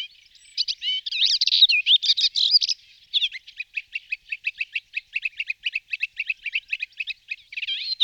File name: Sedmihlasek svitorivy Hippolais polyglotta